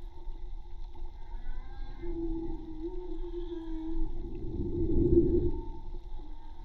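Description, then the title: Whale song, a held moan followed by a louder groaning swell, with low underwater rumble throughout. Recorded with a hydrophone from a boat at Tribugá; hydrophone listening presented as sustainable tourism avoiding disturbance by motorboats. "CANTO DE BALLENAS HIDROFONO MAGMA TRIBUGA"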